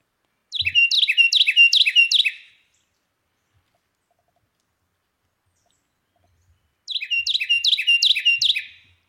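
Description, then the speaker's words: Carolina Wren singing two loud, rolling songs, each a rapid run of several identical ringing phrases, separated by several seconds of silence. Played back on the radio from a Cornell University recording; described as very loud. "And so I think we've got the beautiful sound of the Carolina wren, courtesy of Jacob and Cornell University."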